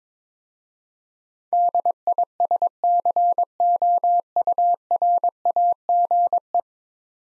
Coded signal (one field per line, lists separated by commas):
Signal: Morse code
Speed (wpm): 22 wpm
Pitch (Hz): 700 Hz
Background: none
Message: DISCOURAGE